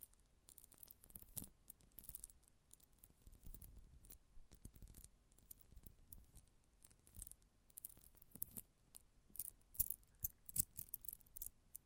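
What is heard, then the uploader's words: Metallic sounds arrive as irregular clicks, scrapes and snips, bright and crisp, with brief pauses and a denser, louder flurry near the end. ASMR Close Up Metallic Sounds (No Talking).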